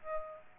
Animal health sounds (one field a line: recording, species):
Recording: mosquito wingbeat signal from an infrared sensor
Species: Aedes aegypti